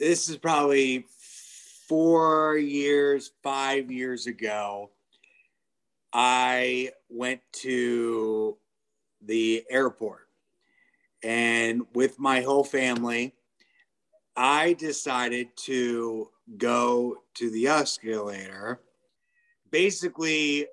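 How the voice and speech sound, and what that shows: Adult male stroke survivor with aphasia, speaking in halting phrases broken by long pauses, with drawn-out sounds within words.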